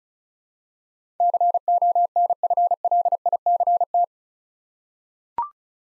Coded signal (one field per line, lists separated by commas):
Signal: Morse code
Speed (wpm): 34 wpm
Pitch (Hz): 700 Hz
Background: none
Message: CONFLICT